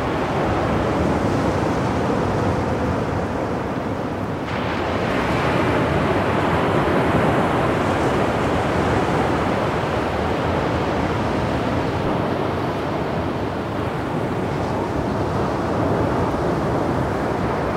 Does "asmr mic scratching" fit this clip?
no